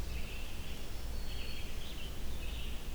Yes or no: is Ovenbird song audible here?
no